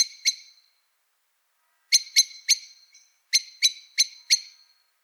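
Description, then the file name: Eurasian blackbird repeating hard chinking calls in short bursts of two to four notes separated by brief silences. "Turdus merula"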